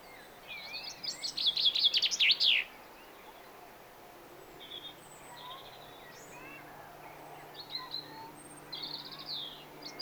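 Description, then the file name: Common chaffinch gives one fast song phrase ending in a flourish, followed by scattered faint chirps and short trills. "Fringilla coelebs"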